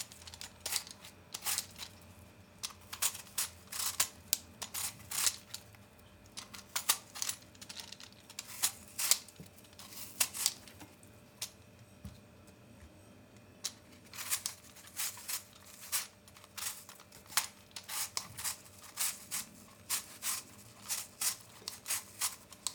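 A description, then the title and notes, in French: Apples being peeled and cut for a compote: sharp, crisp scraping and cutting strokes come in irregular bursts, several per second, with a quieter stretch around ten to thirteen seconds and a dense flurry after fourteen. A low steady hum runs underneath throughout. Une recette sonore d'une compote de pommes.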